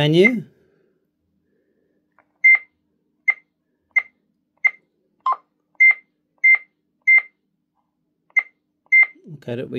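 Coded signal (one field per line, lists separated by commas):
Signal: none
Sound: radio menu key beeps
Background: speech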